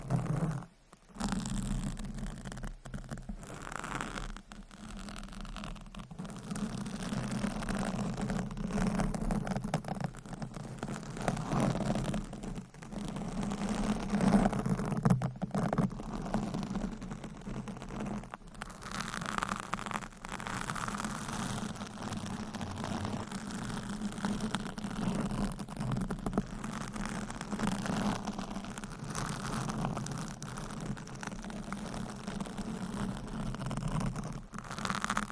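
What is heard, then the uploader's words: Fingernails scratch and rub against a microphone cover in a dense, continuous scraping with a rough low rumble underneath. The texture shifts slightly as the scratching moves, broken by brief silent gaps near the start and around 13 and 18 seconds. ASMR Mic Scratching Brain Scratching with 50 DIFFERENT MICS Covers & Nails No Talking.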